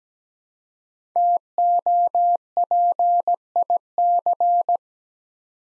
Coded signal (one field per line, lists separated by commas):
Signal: Morse code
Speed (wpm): 17 wpm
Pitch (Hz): 700 Hz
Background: none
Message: TOPIC